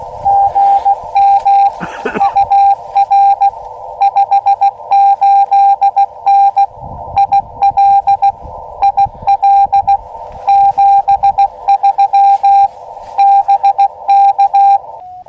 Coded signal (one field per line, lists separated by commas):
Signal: Morse code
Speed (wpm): 16 wpm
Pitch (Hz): 800 Hz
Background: radio noise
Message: GM UR 58N IL IL 73 BK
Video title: First SOTA Activation CW Ham Radio Morse Code POTA w/a Puppy Elecraft KX2 Practice Parks on the Air